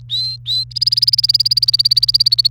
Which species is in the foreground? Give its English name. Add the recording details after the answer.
Domestic Canary. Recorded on 28 April 2018 at 12:40. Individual llb3